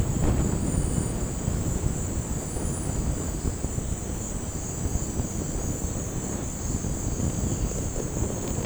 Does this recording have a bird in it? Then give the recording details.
no. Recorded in dense forest near Puerto Asís, Putumayo, Colombia, on 13 March 2025 at 17:30. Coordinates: 0.500, -76.322. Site GP06